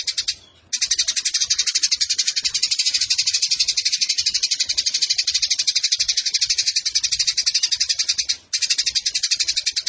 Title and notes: GEREJA TARUNG NEMBAK PANJANG SUARA JERNIH. Burung Gereja